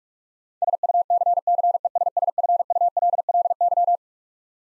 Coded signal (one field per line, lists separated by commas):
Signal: Morse code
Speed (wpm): 46 wpm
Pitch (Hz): 700 Hz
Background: none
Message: SUCCESSFULLY